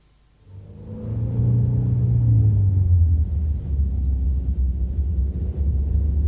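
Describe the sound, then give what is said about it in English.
An orange Volvo's engine rumbles in steadily after a brief quiet start, its low droning pitch sinking as the car slows in Elfenau, the diplomatic district of Bern, then settling into a continuous muffled road hum with no voices. “Why are we slowing?”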